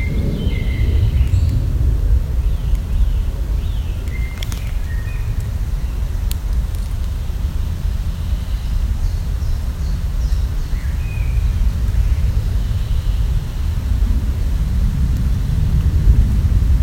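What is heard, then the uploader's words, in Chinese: Outdoors in a botanical garden, a steady low rumble of traffic underlies faint, scattered bird chirps and a few sharp clicks. Atatuk植物园，贝尔格莱德Ormalan，Parsel，伊斯坦布尔，土耳其。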